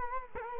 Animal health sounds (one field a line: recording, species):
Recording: mosquito wingbeat signal from an infrared sensor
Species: Culex quinquefasciatus